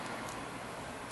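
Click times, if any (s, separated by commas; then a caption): none. A metal clip is pressed onto a greasy inner brake pad during a front and rear brake job on a 2008 Toyota Highlander. Steady broadband hiss runs throughout, with one brief sharp tick near 1.1 s. The clip has not snapped in yet, and nothing has seated or clicked.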